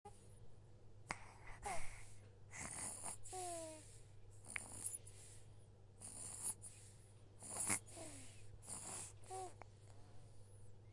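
Soft, noisy breaths recur every couple of seconds, some with brief squeaky or whistling edges, over a steady low hum. It is a sleeping baby's light snoring.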